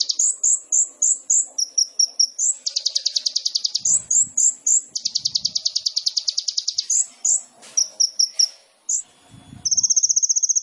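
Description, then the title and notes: Sunbird song mixing quick chirped series, long buzzy high trills and a closing rapid ringing trill, sung at a busy, continuous pace. Indonesian masteran training recording of an actively singing (gacor) kolibri ninja, full of isian (song fill-ins) and tembakan (sharp burst phrases), intended as pancingan to stimulate other birds. "MASTERAN KOLIBRI NINJA TERBAIK FULL ISIAN DAN TEMBAKAN MEWAH COCOK BUAT PANCINGAN. Suara Burung Kolibri Ninja Gacor"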